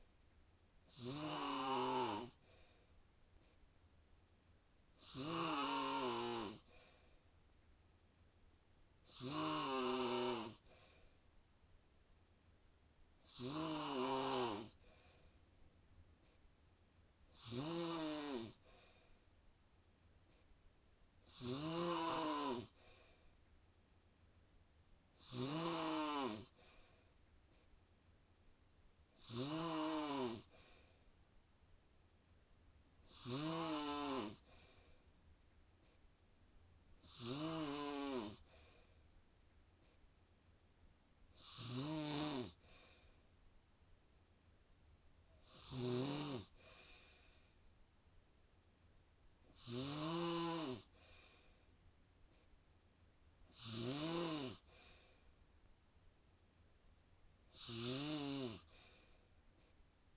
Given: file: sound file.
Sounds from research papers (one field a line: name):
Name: Snoring epoch with high pitch